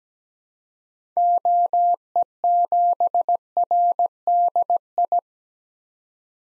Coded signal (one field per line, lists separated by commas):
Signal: Morse code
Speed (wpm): 17 wpm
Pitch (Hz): 700 Hz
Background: none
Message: OE7RDI